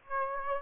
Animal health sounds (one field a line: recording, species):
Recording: mosquito wingbeat signal from an infrared sensor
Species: Aedes aegypti